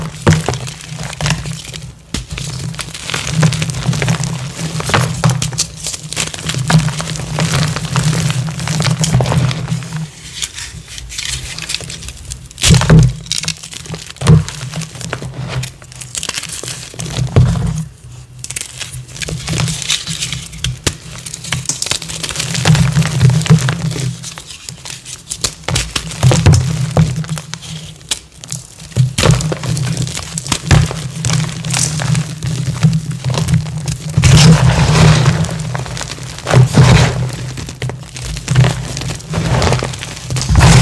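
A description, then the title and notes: Gym chalk being crushed and crumbled, a dense crinkling and crunching that runs almost without pause. Sharp cracks and bursts stand out every few seconds, while a steady low hum sits underneath. Rusty Cylinders Reformed Gym Chalk Crush.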